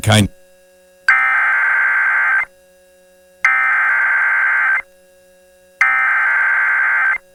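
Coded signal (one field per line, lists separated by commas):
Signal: Emergency Alert System (SAME) tones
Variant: header bursts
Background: speech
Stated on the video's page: Real EAS alerts received during the December 2021 derecho across Iowa.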